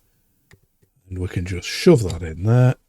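An adapted quick-release fitting on a pressure washer hose is handled and lined up to be shoved into a compact gun's coupling, with a faint tap around 0.5 s as someone talks. Nothing has seated or clicked yet.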